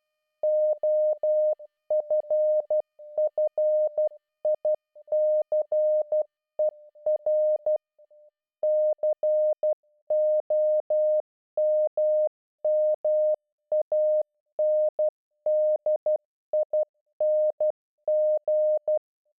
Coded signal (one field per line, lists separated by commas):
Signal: Morse code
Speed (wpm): 12 wpm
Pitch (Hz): 610 Hz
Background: none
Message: OFFICER COMMANDING